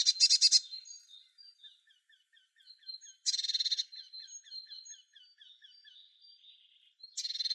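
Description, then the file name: Eurasian blue tit call: a loud scratchy pulsed churr, then a run of soft ticking notes, another churr, more quiet notes and a final churr. "Cyanistes caeruleus"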